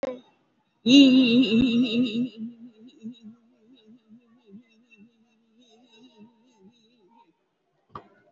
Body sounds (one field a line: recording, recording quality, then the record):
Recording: sustained vowel as in beet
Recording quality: excellent, no background noise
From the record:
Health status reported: COVID-19 positive, moderate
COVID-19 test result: positive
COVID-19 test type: RT-PCR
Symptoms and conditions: sore throat, fatigue, loss of smell and taste, another respiratory illness, hypertension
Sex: female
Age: 68 years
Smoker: no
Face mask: worn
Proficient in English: yes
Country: India